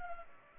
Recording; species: mosquito wingbeat signal from an infrared sensor; Culex pipiens